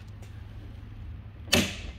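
A stretching tool in its locking setting, hooked on the upper lip of a Nortech ECO screen-printing frame, pulls the mesh taut over a low steady hum. At 1.5 s a sharp snap rings out and fades as the plastic mesh strip pops into place in the frame's metal locking strip. The strip is seated.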